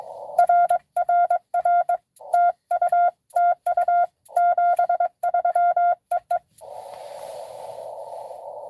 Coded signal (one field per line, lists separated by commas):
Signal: Morse code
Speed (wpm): 23 wpm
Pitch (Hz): 700 Hz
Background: none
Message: RRR TU TU 73 EE